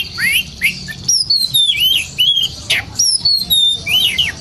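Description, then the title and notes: Oriental magpie-robin song: clear whistled phrases, some rising and some falling, with quick slurred notes in steady succession over a faint low hum. Long-duration song fill for training birds, meant to make them sing loudly day and night. "Kacer Jadi Gacor Siang Malam. Isian Kacer Durasi Panjang"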